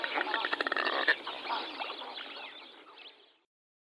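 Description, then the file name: Smew producing a burst of rapid, clicking rattle notes that loosen and fade away over about three seconds, followed by silence. "Mergellus albellus"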